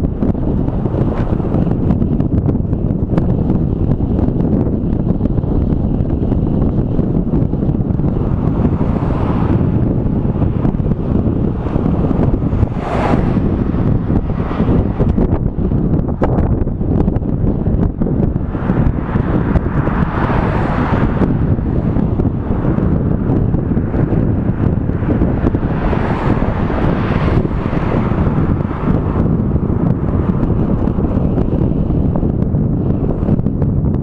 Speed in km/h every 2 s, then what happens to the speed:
16, 16, 16, 16, 16, 15, 16, 16, 15, 16, 16, 16, 16, 16, 16, 15, 16.
0-34 steady at about 16.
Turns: none.